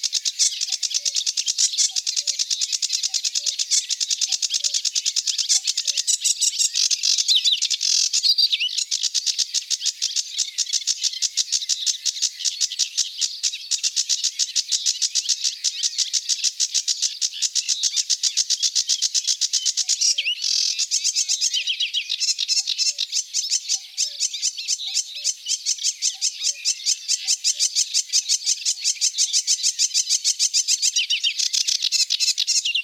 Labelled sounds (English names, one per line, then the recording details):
Sedge Warbler song
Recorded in the wild
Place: Flögelner See, Schleswig-Holstein, DE
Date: 1982-05-30
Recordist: Schwarz, Dieter